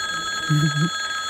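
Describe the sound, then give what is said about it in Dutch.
A parliament chamber bell rings continuously, a steady, high-pitched electric tone that holds unchanged throughout, with a brief low murmur of a voice underneath partway through. “Als de bel is afgelopen, geef ik graag het woord aan de heer Gijs van Dijk van de Partij van de Arbeid.”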